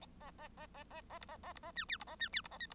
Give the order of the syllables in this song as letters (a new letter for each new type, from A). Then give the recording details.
A A A A A A B A A B A C D B A C D B A E B. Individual Bird1